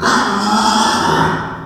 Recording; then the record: squeal of a Yucatan mini pig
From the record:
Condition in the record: after surgery on the right vocal fold (resection and tissue-engineered implant); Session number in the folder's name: 15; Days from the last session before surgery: 175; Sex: female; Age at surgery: 19 weeks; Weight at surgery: 25 kg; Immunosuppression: prednisolone